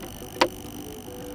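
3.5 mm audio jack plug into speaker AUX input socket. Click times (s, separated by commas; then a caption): 0.4 s. A 3.5 mm jack-to-jack cable plug is pushed into the AUX input socket on a Marshall Woburn III speaker. A single sharp click at 0.4 s rises well above a quiet, steady background with a few faint ticks. The plug seats fully in the port.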